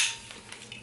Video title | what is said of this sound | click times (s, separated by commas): Cliq Chair! | legs kind of snap in place it's cool | 0.3 s, 0.5 s, 0.7 s